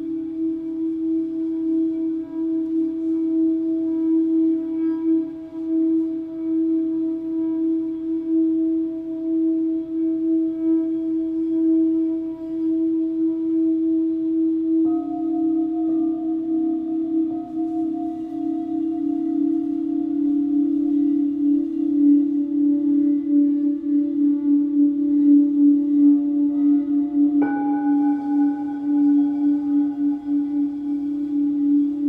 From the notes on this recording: crystal singing bowls